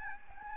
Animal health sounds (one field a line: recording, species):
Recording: mosquito wingbeat signal from an infrared sensor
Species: Aedes albopictus